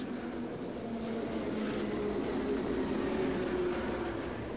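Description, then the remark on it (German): An S-Bahn suburban commuter train rattles along in a steady, continuous rumble, with a low droning hum running underneath and no voices throughout. “Ich nehme das Rattern der S-Bahn mit in den Schlaf.”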